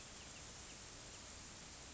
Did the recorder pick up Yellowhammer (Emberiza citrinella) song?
no